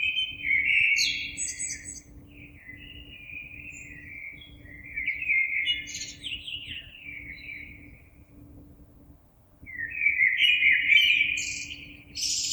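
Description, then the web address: Common blackbird song: low, mellow whistled phrases repeated every few seconds, some ending in thin, high twittered notes; a steady faint hum underneath. Recorded on 26 April 2022. "oiseaux Merle 2022 04 26"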